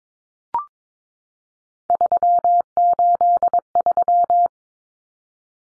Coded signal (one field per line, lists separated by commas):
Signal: Morse code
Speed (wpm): 22 wpm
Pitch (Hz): 700 Hz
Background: none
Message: 383